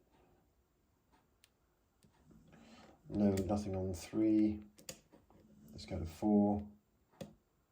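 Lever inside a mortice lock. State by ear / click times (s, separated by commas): seated / 7.2 s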